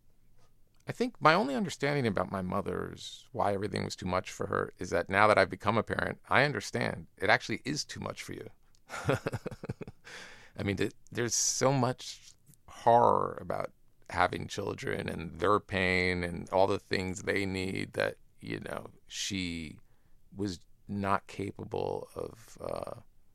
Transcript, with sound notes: I think my only understanding about my mother's - why everything was too much for her, is that now that I've become a parent, I understand. It actually is too much for you (laughter). I mean, there's so much horror about having children and their pain and all the things they need that, you know, she was not capable of